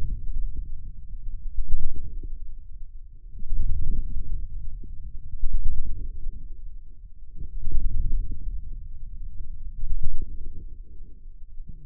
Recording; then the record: forearm muscle sounds (acoustic myography)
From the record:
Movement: ulnar deviation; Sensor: system 2, bracelet of six BSWA MPA416 microphones around the upper forearm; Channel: 6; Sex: male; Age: 22 years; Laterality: right